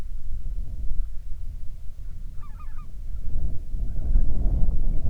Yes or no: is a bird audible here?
yes